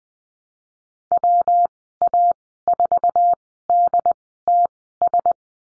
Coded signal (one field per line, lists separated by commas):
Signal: Morse code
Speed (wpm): 20 wpm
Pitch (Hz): 700 Hz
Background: none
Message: WA4DTS